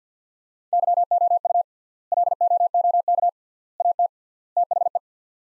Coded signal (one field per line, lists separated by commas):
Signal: Morse code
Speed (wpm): 50 wpm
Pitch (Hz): 700 Hz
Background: none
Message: YOU LOOK AT THE